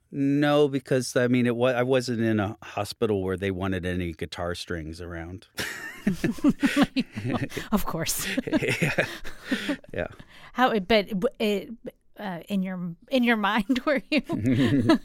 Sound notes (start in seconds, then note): 5.5 laughter; 8.4 laughter